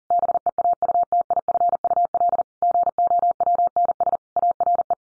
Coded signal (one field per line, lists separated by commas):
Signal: Morse code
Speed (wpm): 40 wpm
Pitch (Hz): 700 Hz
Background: none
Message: BEAUTIFUL GOWNS ARE